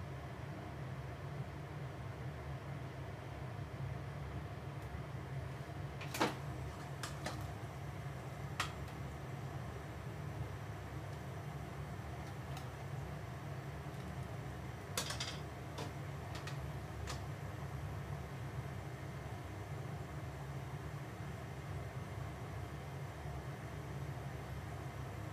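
Cooking sounds over a steady low hum that holds for the whole 25 seconds. Sharp clicks and clatters break in around 6 to 8.5 seconds, then again as a short cluster near 15 to 17 seconds, like utensils or a cupboard door.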